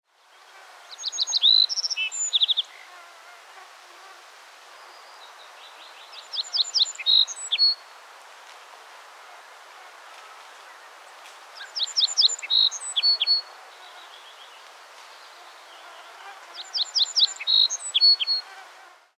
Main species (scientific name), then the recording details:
Emberiza pusilla. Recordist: Frommolt, Karl-Heinz. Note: Gesang